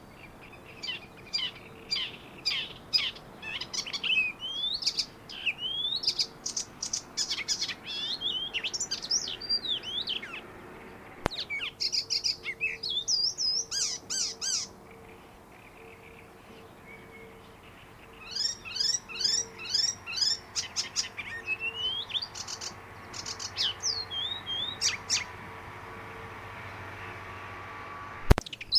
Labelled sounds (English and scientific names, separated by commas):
Icterine Warbler (Hippolais icterina)